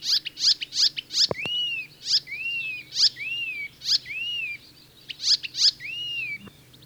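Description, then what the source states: Icterine Warbler song mixing clicky high notes with drawn-out arched whistles, repeated at irregular intervals. Migrant arriving in Finland in late May; found in lush parks of southern and central Finland; own motifs plus borrowings from other birds, including harsh Fieldfare-like sounds; a daytime singer.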